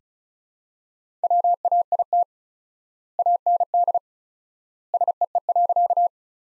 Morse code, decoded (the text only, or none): WAIT AND SEE.